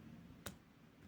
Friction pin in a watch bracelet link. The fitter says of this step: slowly increase the pressure until we hear the pop.